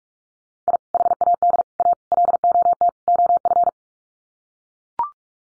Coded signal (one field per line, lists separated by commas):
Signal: Morse code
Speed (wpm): 44 wpm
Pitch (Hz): 700 Hz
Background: none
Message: I HAD A LOT OF